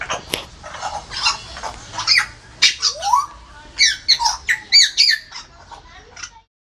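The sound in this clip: Grey parrot squawks and harsh calls, a few noisy bursts then a rising whistle and a quick series of sharp squawks toward the end.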